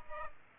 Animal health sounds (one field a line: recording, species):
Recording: mosquito wingbeat signal from an infrared sensor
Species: Aedes aegypti